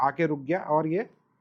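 A man talks while handling a DJI Air 3S flight battery, lined up with its copper pins and cut-off side down, and slid into the drone's battery bay until it stops. Nothing has seated or clicked yet; the battery is not yet pressed home or locked.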